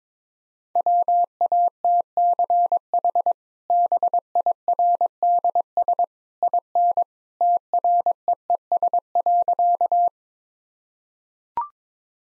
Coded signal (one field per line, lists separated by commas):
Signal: Morse code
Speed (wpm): 21 wpm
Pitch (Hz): 700 Hz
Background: none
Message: WATCH BIRDS IN TREES.